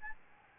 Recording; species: mosquito wingbeat signal from an infrared sensor; Aedes albopictus